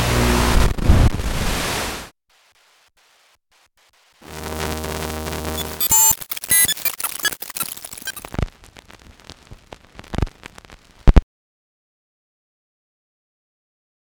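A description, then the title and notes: Bursts of static and tuning noise from various devices: a hissing burst, silence, a buzzing hum, then crackling clicks and pops fading out. I wanted to capture the sound of tuning analog TVs. I ended up recording a bunch of tuning, static and noise from a number of devices. These devices include TVs, turntables, walkie talkies, scanners, boombox, amplifiers, mobile phones, etc...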